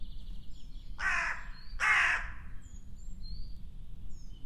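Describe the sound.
Bird giving two harsh, hoarse cawing calls about a second apart, with faint high whistled notes from other birds and a low background rumble.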